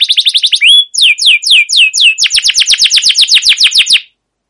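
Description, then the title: Canary song with quick chirps, a brief upward whistle, several slow downward-sweeping notes, then a fast even trill before stopping. Canary song with long rolling trills, used as a lure (pancingan) and training master recording for other canaries. "CUIT CUIT NGEROL LANGSUNG GACOR PANJANG Kenari Ini AMPUH Utk Pancingan KENAR. Masteran Suara Burung Kenari Gacor Panjang cuit cuit Ngerol untuk Pancingan Kenari!"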